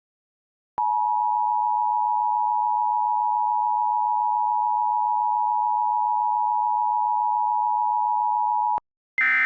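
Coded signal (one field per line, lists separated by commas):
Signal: Emergency Alert System (SAME) tones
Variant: 853 and 960 Hz attention tone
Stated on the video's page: Mock EAS alert about an Ohio outbreak, not a real broadcast.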